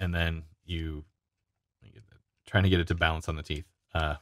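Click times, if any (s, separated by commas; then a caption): none. Someone talks while adjusting the pivot of tongue-and-groove adjustable-jaw pliers, trying to get it to balance on the teeth, with faint metal handling sounds around 1.9 and 2.1 s between the speech. Nothing has snapped into a groove position or seated yet.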